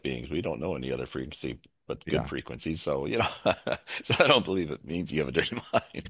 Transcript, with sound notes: We don't know any other frequency, but-
Yeah.
... good frequencies, so, you know. (laughs) So, I don't believe it means you have a dirty mind.